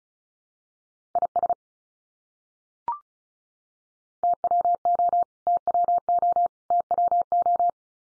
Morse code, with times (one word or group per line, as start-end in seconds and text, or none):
1.2-1.5 IS
4.2-5.2 TWO
5.5-6.5 TWO
6.7-7.7 TWO